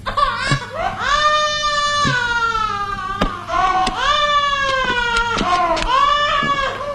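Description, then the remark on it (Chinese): A voice imitates a baby that won't sleep crying: three long, loud, high-pitched wails that rise and fall in pitch, broken by brief catching sobs between them. “你这个孩子不睡觉，又是哭又是闹，急得爸爸直发烧”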